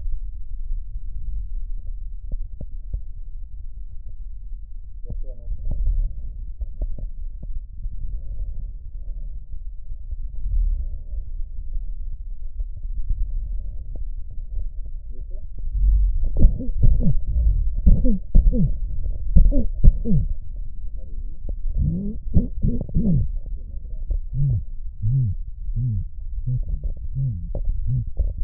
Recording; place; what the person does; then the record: lung sounds by stethoscope; left posterior basal chest; quiet breathing, then cough and speech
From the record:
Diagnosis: COPD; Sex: male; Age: 70 years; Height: 170 cm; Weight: 74 kg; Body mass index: 25.6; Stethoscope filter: extended mode